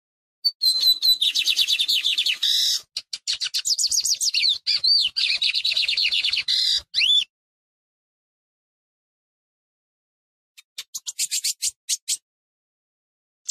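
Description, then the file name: Lined seedeater song: a fast, high twittering run of rapid buzzy notes and slurred trills for about seven seconds, then silence and several short sharp chirps. "bigodinho"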